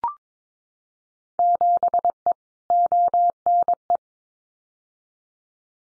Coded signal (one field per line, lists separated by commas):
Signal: Morse code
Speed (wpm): 22 wpm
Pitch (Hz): 700 Hz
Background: none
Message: 7E ONE